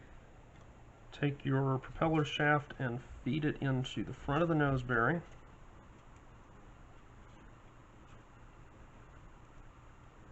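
A wire propeller shaft is fed through the front of the plastic nose bearing of a Stinger 2021 model airplane built for Science Olympiad Wright Stuff, and the assembly is lined up. Someone talks from about 1.1 to 5.2 seconds, then only quiet background noise remains. Nothing has snapped into the notch or clicked yet.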